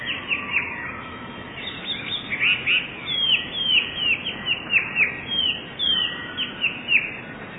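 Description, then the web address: Eurasian blue tit song: crisp falling chirps repeated throughout. "wroblowe teka spiew. modraszkoteka"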